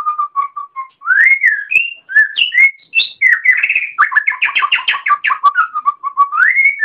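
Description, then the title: Oriental magpie-robin song: varied whistled phrases rising and falling between notes, then a fast run of buzzy repeated chirps, ending in a rising whistle. Magpie-robin chirping (kicau). "Kicau Kacer"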